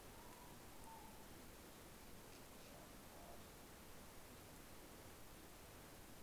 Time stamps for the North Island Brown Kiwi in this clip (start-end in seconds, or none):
none